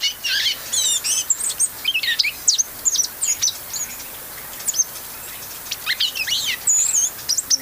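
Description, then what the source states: Blue-gray Gnatcatcher song: soft, high, jumbled twittering phrases of quick squeaky notes, coming in bursts with brief gaps, over faint background hiss. Soft song heard during the breeding season at close range; it does not carry far and is more melodic than the call notes.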